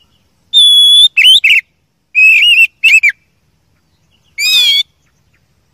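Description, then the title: Oriental magpie-robin singing a long pure whistle followed by quick slurred notes, then a flat whistled phrase and a burst of warbled notes, separated by silent gaps. First-place champion (juara) song, used to teach other songbirds (masteran). "Masteran Kacer Juara"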